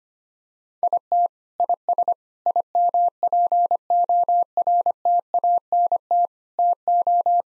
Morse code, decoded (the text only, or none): IT IS IMPORTANT TO